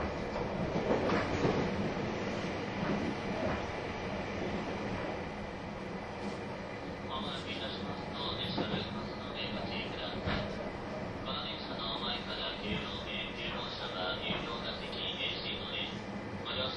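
A train runs along with a steady, dense rumble and rattle that holds at an even level throughout. From about seven seconds on, bright squealing tones from the wheels come and go over the noise, and faint voices may be mixed in.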